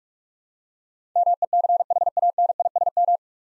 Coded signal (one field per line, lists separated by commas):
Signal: Morse code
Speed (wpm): 46 wpm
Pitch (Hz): 700 Hz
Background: none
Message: MECHANISM